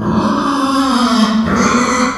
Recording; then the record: squeal of a Yucatan mini pig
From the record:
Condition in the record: after surgery on the right vocal fold (resection and tissue-engineered implant); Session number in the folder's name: 16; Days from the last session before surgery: 183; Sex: female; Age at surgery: 19 weeks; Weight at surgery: 25 kg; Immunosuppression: prednisolone